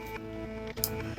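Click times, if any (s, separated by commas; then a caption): 0.8 s. A small plastic peg on a toy's mastodon head accessory is brought up and snaps into place with a sharp click at 0.8 s, just after a soft shuffle of handling. Steady music plays underneath throughout. The peg is locked in place.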